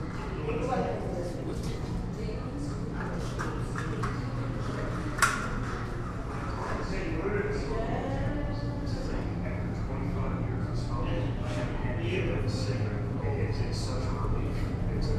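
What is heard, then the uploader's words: Television voices talk on and off in a laundromat, with a man's voice prominent, echoing off the floor tiles. A steady low machine hum runs underneath throughout, and a single sharp clack stands out just past five seconds. Laundromat in Barton Heights. In the recording, the voices from a television echo off the floor tiles.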